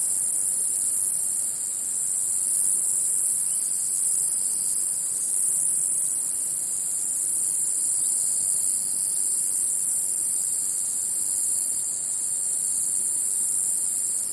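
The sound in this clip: Cicada song: an unbroken, very high-pitched hissing buzz held at a steady level throughout, with no other clear sounds.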